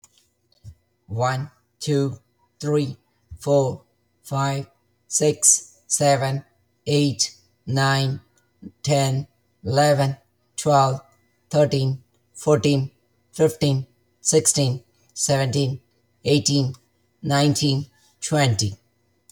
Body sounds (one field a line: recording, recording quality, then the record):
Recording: counting at a normal pace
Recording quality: excellent, no background noise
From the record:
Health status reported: healthy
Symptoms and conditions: cold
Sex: male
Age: 45 years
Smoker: not ticked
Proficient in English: yes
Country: United States